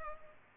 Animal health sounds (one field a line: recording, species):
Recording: mosquito wingbeat signal from an infrared sensor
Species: Culex pipiens